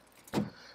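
Inside a C8 Corvette, the front latches of the removable roof panel are pulled closed to lock the panel to the windshield frame. Two short, sharp latch hits sound at 0.3 s and 0.3 s, the second louder with a brief low-frequency thump, and the latches are seated.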